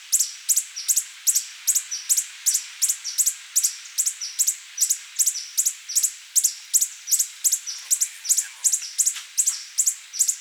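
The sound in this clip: Coppery-headed emerald calls: very high, thin squeaky chips repeated rapidly and steadily throughout; faint lower chirps appear near the end.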